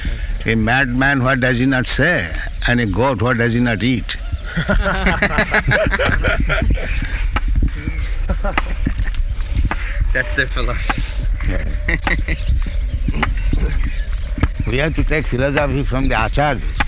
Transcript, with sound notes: "A madman, what does he not say, and a goat, what does he not eat?" [laughter]
That's their philosophy.
Yes. We have to take philosophy from the ācāryas.